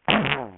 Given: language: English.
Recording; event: throat vibration sensor signal played as sound; throat clearing